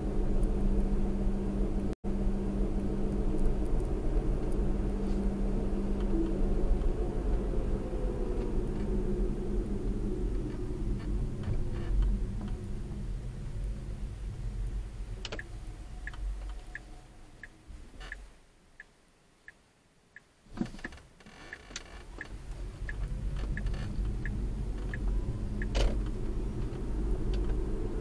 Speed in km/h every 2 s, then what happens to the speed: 55, 53, 55, 53, 42, 31, 16, 10, 0, 0, 0, 11, 24, 34.
0-7 steady at about 53. 7-16 brakes to 0. 16-21 standing. 21-28 pulls away to 34.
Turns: none.